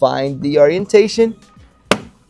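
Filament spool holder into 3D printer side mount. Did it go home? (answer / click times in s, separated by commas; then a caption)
yes / 1.9 s. Someone talks, then filament spool holder number three, lined up by its two clip tabs, is pressed firmly into its slot on the side of the 3D printer frame. A sharp, very loud short click at 1.9 s marks it snapping into place, seated.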